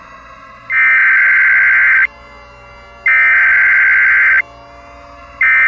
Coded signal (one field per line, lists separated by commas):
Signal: Emergency Alert System (SAME) tones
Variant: header bursts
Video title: EAS Scenario WWIII/ Contaminated Water